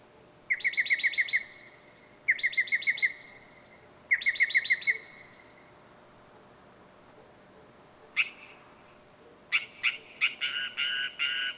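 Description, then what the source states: Bird calls: three bursts of rapid trilled notes about two seconds apart, then after a pause a sharp note and a run of quick repeated chirps, over a steady high hum. Recorded at night; loud calling.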